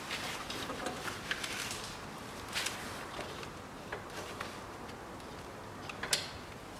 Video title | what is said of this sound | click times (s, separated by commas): Стук в коробке замена подшипников в МКПП 5часть Chevrolet Lanos Шевроле Ланос 2008 года | она зафиксировалась теперь | 6.1 s